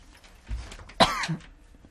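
A single abrupt, harsh cough burst from an adult, followed by a brief low throat-clearing sound, against a quiet indoor background. A mild, isolated cough with no wheeze or repeated fits, from someone with a slight cough who has been coughing often lately.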